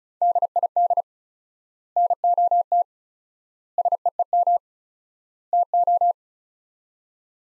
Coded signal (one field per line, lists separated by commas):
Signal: Morse code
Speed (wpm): 36 wpm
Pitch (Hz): 700 Hz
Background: none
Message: DID NOT SEEM TO